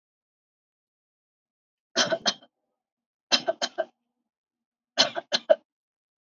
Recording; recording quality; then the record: shallow voluntary cough; excellent, no background noise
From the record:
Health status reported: COVID-19 positive, no symptoms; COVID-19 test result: positive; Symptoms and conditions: cough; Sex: female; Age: 45 years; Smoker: not ticked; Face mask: worn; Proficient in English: yes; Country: India